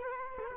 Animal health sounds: mosquito wingbeat signal from an infrared sensor; Culex quinquefasciatus

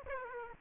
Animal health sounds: mosquito wingbeat signal from an infrared sensor; Aedes aegypti

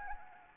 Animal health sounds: mosquito wingbeat signal from an infrared sensor; Anopheles arabiensis

